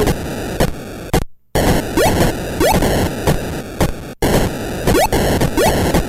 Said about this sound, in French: Space Invaders. Est-ce qu'on l'a? Est-ce qu'il joue?